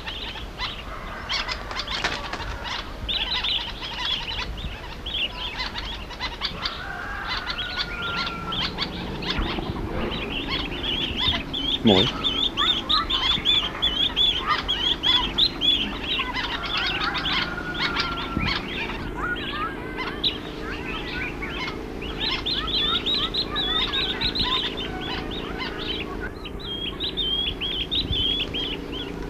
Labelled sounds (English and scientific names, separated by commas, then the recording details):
Swallow-tailed Bee-eater (Merops hirundineus) call
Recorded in captivity
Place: Farm M.Bela
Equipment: Halbspur, 9,5 cm/s
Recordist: Lütgens, Hans